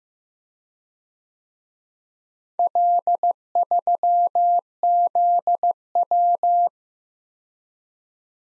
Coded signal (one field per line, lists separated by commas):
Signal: Morse code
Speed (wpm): 18 wpm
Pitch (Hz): 700 Hz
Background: none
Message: L3ZW